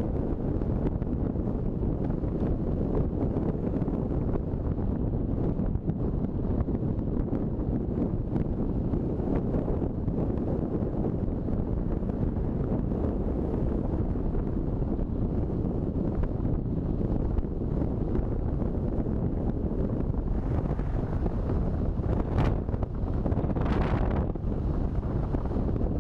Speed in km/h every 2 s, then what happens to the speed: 43, 41, 39, 39, 40, 39, 41, 42, 42, 44, 45, 43, 45.
0-26 steady at about 42.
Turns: none.